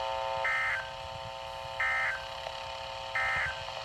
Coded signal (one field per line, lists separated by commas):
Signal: Emergency Alert System (SAME) tones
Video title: Happy one year anniversary of my Channel 2 double headers costal floods and a high wind warning